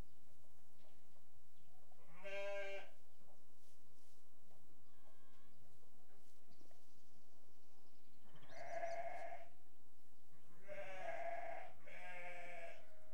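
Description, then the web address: Sheep bleating, a few wavering bleats spaced apart with quiet gaps, closer together near the end. Restless sheep. "BBC Sound Effects Library BBC Animals and Birds Sheep Restless"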